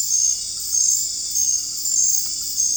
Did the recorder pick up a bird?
no